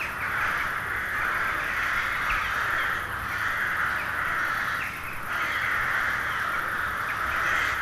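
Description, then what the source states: Carrion crow: harsh cawing of many carrion crows merges into an unbroken chorus. Hundreds of crows gathering at dusk in winter to settle for the night in a poplar wood at Neuflize.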